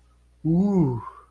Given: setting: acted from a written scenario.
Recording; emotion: vocal sound without words; fear